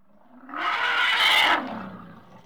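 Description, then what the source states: Elephant trumpet: one harsh, brassy blast that swells for about a second and then breaks off, leaving a faint low tail. Angry trumpet.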